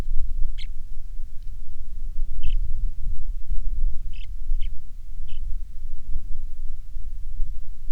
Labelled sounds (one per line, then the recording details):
songbird
wind
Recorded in the Prudhoe Bay oil fields, Alaska, on 6 August 2019 at 04:55
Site 22